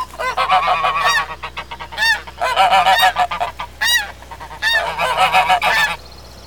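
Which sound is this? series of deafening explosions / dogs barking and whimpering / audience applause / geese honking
geese honking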